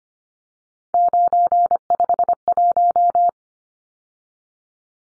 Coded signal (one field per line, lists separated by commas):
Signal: Morse code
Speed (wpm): 25 wpm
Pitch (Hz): 700 Hz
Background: none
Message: 951